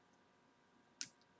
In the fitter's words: You rotate it and you hear that little click.